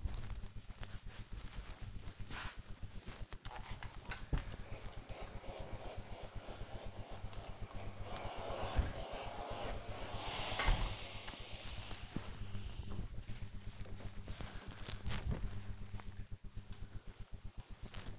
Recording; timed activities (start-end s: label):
household activities, microphone on the right wrist
0.00-13.75 s: ironing laundry